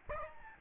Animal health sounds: mosquito wingbeat signal from an infrared sensor; Aedes albopictus

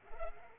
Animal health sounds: mosquito wingbeat signal from an infrared sensor; Culex pipiens

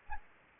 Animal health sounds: mosquito wingbeat signal from an infrared sensor; Anopheles gambiae

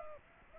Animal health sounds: mosquito wingbeat signal from an infrared sensor; Aedes aegypti

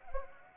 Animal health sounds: mosquito wingbeat signal from an infrared sensor; Anopheles arabiensis

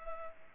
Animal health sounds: mosquito wingbeat signal from an infrared sensor; Culex pipiens

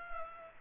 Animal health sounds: mosquito wingbeat signal from an infrared sensor; Culex pipiens

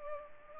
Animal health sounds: mosquito wingbeat signal from an infrared sensor; Culex pipiens

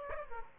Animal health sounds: mosquito wingbeat signal from an infrared sensor; Aedes aegypti

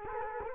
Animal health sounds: mosquito wingbeat signal from an infrared sensor; Culex quinquefasciatus

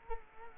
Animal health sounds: mosquito wingbeat signal from an infrared sensor; Culex quinquefasciatus

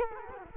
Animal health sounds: mosquito wingbeat signal from an infrared sensor; Culex quinquefasciatus

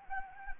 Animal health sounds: mosquito wingbeat signal from an infrared sensor; Anopheles gambiae

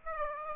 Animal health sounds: mosquito wingbeat signal from an infrared sensor; Aedes aegypti

